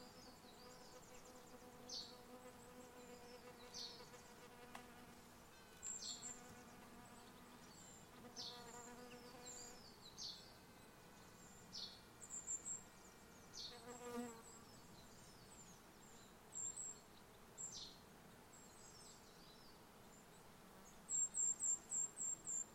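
A gentle summer forest on Mont Ventoux hums with buzzing bees and flies, while short high insect chirps recur, clustering loudly near the end.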